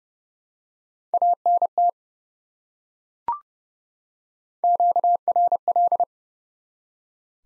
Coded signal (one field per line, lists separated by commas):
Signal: Morse code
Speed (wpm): 32 wpm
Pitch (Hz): 700 Hz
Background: none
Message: ANT QRL